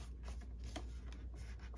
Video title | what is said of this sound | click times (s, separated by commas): Replace camera and gimbal on DJI Phantom 4 Pro in 10 minutes! | you heard that pretty audible click as it came into place | 0.8 s